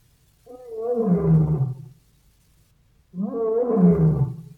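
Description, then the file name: Lion roaring: two deep, drawn-out roars of about one and a half seconds each, separated by a short silent pause. "Golosa ptic i zverei - Lev"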